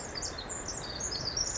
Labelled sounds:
Pacific Wren (Troglodytes pacificus)
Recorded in Sonoma County, California

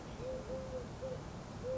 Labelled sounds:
Eurasian Collared Dove (Streptopelia decaocto)
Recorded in Sonoma County, California

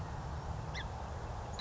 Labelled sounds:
Song Sparrow (Melospiza melodia)
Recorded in Sonoma County, California

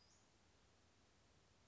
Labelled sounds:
Western Flycatcher (Empidonax difficilis)
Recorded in Sonoma County, California

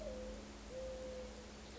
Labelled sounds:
Mourning Dove (Zenaida macroura)
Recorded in Sonoma County, California

